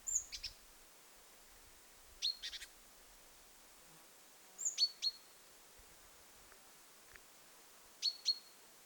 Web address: paivat 21 7 2026 kuvien nuori talitiainen aantelee